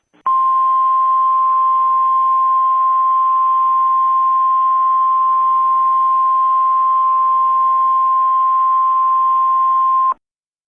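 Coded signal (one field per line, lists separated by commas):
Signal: Emergency Alert System (SAME) tones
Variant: 1050 Hz attention tone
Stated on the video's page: Fictional EAS alert scenario set in the Just Cause 3 game world, not a real activation.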